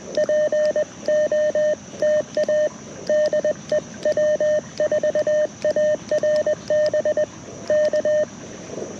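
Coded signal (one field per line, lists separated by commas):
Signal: Morse code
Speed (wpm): 21 wpm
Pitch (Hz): 3050 Hz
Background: radio noise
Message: POTA DEW4ARB K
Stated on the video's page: QRP CW Parks on the Air activation at a national forest park, operated by a creek, powered by a battery.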